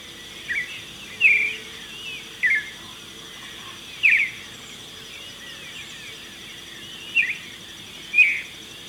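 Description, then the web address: Marañon thrush singing a loose series of short fluty whistled phrases at irregular intervals. Ecuador. "Birds of Ecuador. Marañon Thrush"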